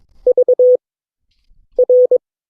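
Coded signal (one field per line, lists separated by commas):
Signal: Morse code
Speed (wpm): 22 wpm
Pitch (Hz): 500 Hz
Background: none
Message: VR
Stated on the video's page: Morse code class session of an amateur radio club.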